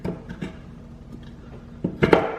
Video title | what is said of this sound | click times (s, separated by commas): BMW E70 X5 Rear Air Spring Replacement DIY | Get it to click into place | 2.0 s, 2.1 s